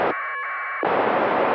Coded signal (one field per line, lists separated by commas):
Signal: packet radio (AX.25, as in APRS)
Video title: ISS packet QSO